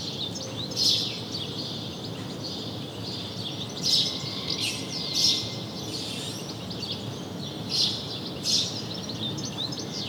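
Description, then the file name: House sparrow calls, a few scattered bright chirps separated by pauses of a second or more, set against steady outdoor noise. "Passer domesticus"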